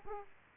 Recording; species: mosquito wingbeat signal from an infrared sensor; Aedes aegypti